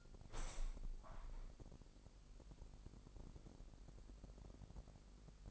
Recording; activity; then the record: daily activity, microphone in the room; open window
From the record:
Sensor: 5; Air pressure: 1000.4 hPa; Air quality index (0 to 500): 248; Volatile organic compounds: 35 ppm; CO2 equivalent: 3052 ppm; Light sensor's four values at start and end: 34/79/31/30 and 34/79/31/30